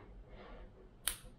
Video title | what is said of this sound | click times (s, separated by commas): 황호완의 마을미디어 tmi 6회 - 마을라디오 장비 조립에서 녹음까지 | 그래서 더 딸깍 소리가 날때까지 들어가면 대단합니다 | 1.1 s